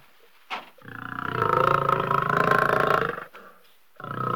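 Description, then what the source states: Lion growling, a deep, raspy, pulsed growl held for over two seconds, then a short pause and another growl beginning. Lion growling while pacing.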